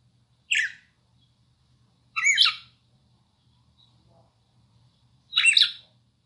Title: Canto Galo Campina Fêmea. COMO ESQUENTAR SEU GALO CAMPINA PARA CANTAR MUITO